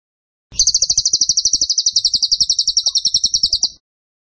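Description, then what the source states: Bird song: a steady, high, machine-gun-like trill of crisp repeated notes lasting roughly three seconds before stopping abruptly. Masteran (training) song of a bird in tembakan style, described as gacor.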